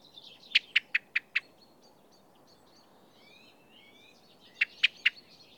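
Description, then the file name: Common blackbird metallic chink calls, five quick notes, then three more after a pause filled with thin whistles. "Turdus merula"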